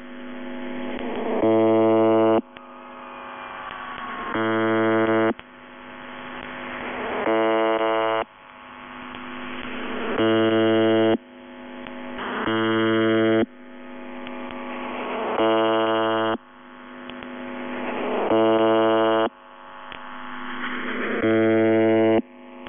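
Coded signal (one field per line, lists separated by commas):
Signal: channel marker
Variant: UVB-76, The Buzzer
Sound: harsh low buzzes about a second long repeating roughly eight times, with squealing interference between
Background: radio static, rising whine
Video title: [UVB-76, The Buzzer] Screaming and other interferences; 22. Feb 2020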